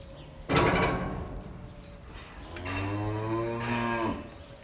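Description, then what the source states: Cow giving one long, steady low moo that rises slightly before cutting off, preceded by a thump and a short rough bellow. In a barn.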